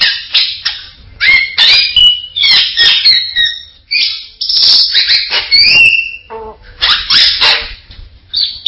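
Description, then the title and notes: Bird song of loud mixed chirps, whistles and rasping notes in uneven bursts, with a few downward slurred whistles and short pauses between phrases. "Bird Sound. Kicau Burung Lengkap"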